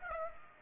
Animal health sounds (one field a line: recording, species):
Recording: mosquito wingbeat signal from an infrared sensor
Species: Aedes aegypti